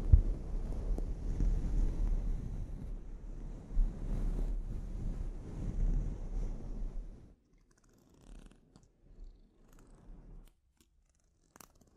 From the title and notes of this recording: ASMR Sleep Inducing Scalp Treatment (No Talking).